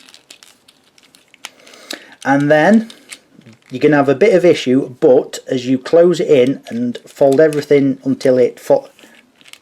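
Someone talks while folding and closing the leg assembly of a transforming robot figure, fitting the plastic leg panel of an Earthrise Sunstreaker upgrade kit into it, with small plastic clicks and handling noises throughout. The plastic part snaps into place with a short click at 9.5 s.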